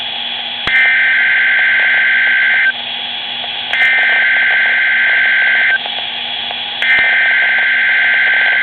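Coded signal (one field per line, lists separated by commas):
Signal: Emergency Alert System (SAME) tones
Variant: header bursts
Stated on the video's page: Required weekly EAS test received on a Midland WR-120EZ weather radio.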